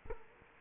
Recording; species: mosquito wingbeat signal from an infrared sensor; Culex quinquefasciatus